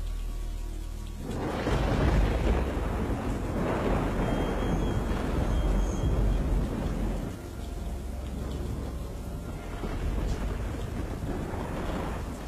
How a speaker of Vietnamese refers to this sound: Đúng lúc một tiếng sét vang xé trời, nó rền như là tiếng súng thần cơ.